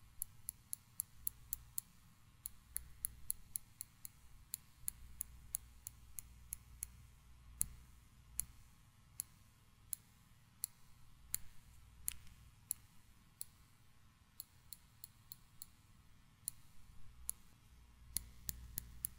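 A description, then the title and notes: Tiny mic triggers: sharp, bright clicks and taps in quick irregular bursts, some clustered, over a steady low rumble throughout. ASMR 1 HR Of Tiny Mic Triggers.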